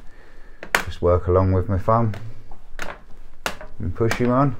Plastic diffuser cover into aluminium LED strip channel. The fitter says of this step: started to push my lid on just snaps into place just